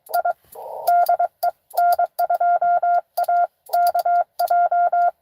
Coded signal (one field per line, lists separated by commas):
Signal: Morse code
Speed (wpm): 23 wpm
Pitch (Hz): 690 Hz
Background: none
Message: I DE N2AKJ